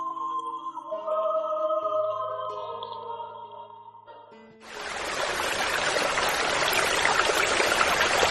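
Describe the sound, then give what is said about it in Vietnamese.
Soft sustained music fades out, then a steady, full rush of the flowing Anoma River takes over and continues evenly to the end, with no voices. “Thái tử dừng lại bên bờ sông Anoma.”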